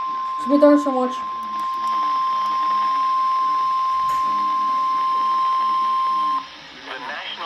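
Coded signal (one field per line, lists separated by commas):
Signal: Emergency Alert System (SAME) tones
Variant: 1050 Hz attention tone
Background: speech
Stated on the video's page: Real EAS alerts received over two days.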